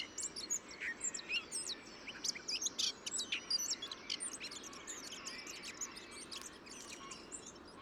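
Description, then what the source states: Softer bird song of scattered high chirps and brief whistles, busiest in the first half and thinning out later over a steady hiss. Described as hyper-imitative.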